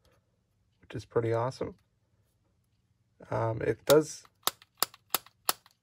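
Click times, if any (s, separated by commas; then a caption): 4.5 s, 4.8 s, 5.1 s, 5.5 s. Someone talks, then the plastic lid of a wireless earbud charging case, sold as Apple AirPods Pro from Wish, is flipped closed repeatedly. It snaps shut with a sharp click each time, at 4.5, 4.8, 5.2 and 5.5 seconds, and is called a nice clicky sound.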